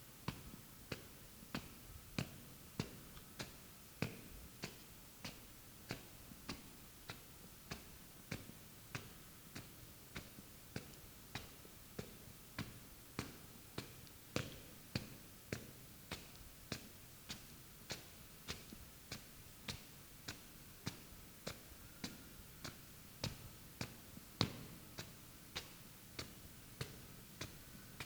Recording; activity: daily activity, guitar pickup as the sensor; walk